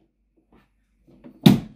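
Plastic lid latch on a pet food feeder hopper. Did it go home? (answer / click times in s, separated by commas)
released / 1.5 s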